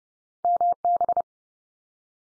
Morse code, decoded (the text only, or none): MB